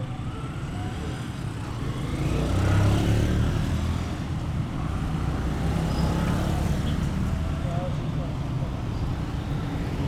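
Steady rumble of traffic at Tehran's gates with voices mixed in, swelling slightly around three seconds, a continuous dense low hum throughout.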